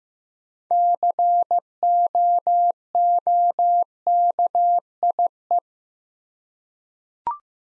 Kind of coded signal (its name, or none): Morse code